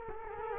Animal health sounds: mosquito wingbeat signal from an infrared sensor; Culex quinquefasciatus

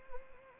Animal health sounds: mosquito wingbeat signal from an infrared sensor; Anopheles arabiensis

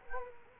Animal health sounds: mosquito wingbeat signal from an infrared sensor; Culex quinquefasciatus

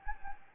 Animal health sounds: mosquito wingbeat signal from an infrared sensor; Anopheles gambiae

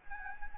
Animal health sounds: mosquito wingbeat signal from an infrared sensor; Anopheles arabiensis

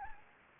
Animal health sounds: mosquito wingbeat signal from an infrared sensor; Anopheles gambiae

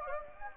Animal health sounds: mosquito wingbeat signal from an infrared sensor; Anopheles gambiae

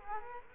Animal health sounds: mosquito wingbeat signal from an infrared sensor; Culex quinquefasciatus

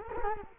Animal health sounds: mosquito wingbeat signal from an infrared sensor; Culex quinquefasciatus

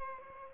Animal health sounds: mosquito wingbeat signal from an infrared sensor; Aedes albopictus

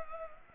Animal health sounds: mosquito wingbeat signal from an infrared sensor; Anopheles gambiae

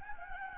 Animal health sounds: mosquito wingbeat signal from an infrared sensor; Anopheles gambiae

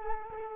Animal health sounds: mosquito wingbeat signal from an infrared sensor; Culex quinquefasciatus

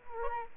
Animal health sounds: mosquito wingbeat signal from an infrared sensor; Aedes aegypti

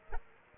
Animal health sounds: mosquito wingbeat signal from an infrared sensor; Aedes aegypti

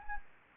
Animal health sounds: mosquito wingbeat signal from an infrared sensor; Anopheles gambiae

